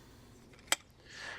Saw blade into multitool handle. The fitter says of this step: Stick it back through and lock it